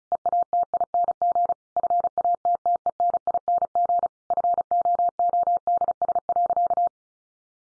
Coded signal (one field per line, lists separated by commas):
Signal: Morse code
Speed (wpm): 34 wpm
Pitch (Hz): 700 Hz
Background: none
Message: EATING FATTENING FOODS.